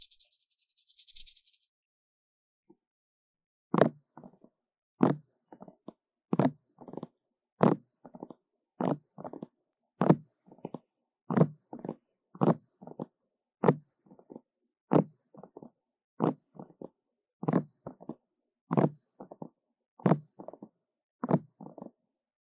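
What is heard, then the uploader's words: Fast tapping on an ear, starting after a brief soft hiss and a few seconds of quiet. From about four seconds on, sharp, thudding taps come steadily, roughly two per second, often alternating a stronger hit with a lighter one until the end. 快速耳朵敲擊 | EAR Fast Tapping for Tingles | NoTalking.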